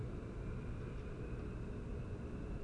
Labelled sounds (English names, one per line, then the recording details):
none
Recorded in Germany
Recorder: ecoPi